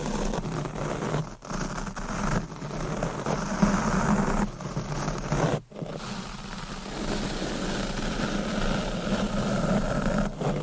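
Deep scratching, brushing and stroking against a microphone, heard as a continuous rough rumble with a thick low body and a hissy top. The rubbing swells and eases in uneven strokes, with brief dips near two, four and a half and five and a half seconds.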